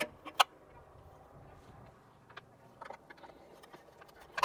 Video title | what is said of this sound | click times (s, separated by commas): How-To: Replace Lift Supports Struts on a 95-01 Ford Explorer & Not Die | then this just pushes on and snaps into place | 0.4 s